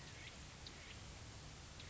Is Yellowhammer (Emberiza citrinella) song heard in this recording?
no